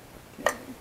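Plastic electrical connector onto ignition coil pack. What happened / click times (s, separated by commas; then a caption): The connector clicked home / 0.5 s. A plastic electrical connector is pushed onto an ignition coil pack on a Lexus IS200T F Sport. A single sharp latch click sounds at 0.5 seconds against a quiet background, and the connector is seated.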